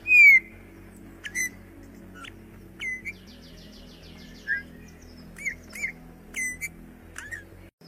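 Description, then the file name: Eurasian bullfinch giving soft, piping whistles that slur downward, spaced irregularly, with fainter high chirps between them and a steady low hum underneath. "Canto do dom fafe"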